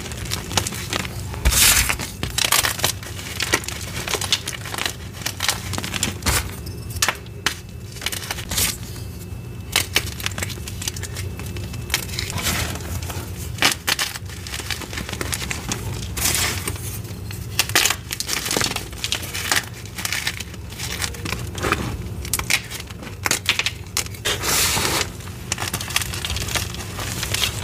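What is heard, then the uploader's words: Gym chalk mixed with baby oil is crushed and worked in a dense, continuous stream of crackling and crumbling. Sharp bright crunches burst through every second or so, over a steady low rumble and soft squishing that runs for the whole half minute. Baby Oil Gym Chalk Crushing Compilation.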